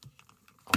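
The plastic top cover is pushed back onto a Ford key fob body (F-150, Explorer, Expedition) after a battery change. Faint light taps come as it is pressed down around the edges, then the cover snaps into place with a sharp, loud click at 0.7 s.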